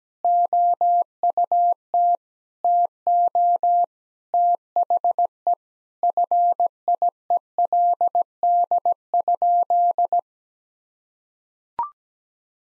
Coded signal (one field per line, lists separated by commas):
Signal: Morse code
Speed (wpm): 17 wpm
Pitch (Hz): 700 Hz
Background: none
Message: OUT TO THE FIELD?